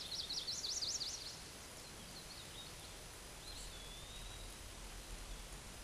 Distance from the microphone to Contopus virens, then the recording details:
about 45 m. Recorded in a Pennsylvania forest on 17 May 2023 at 13:28. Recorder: AudioMoth, point grid1_13_low. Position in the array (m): 91 m, 136 m